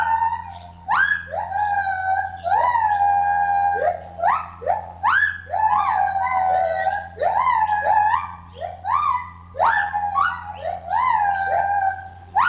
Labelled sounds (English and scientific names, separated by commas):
Lar Gibbon (Hylobates lar)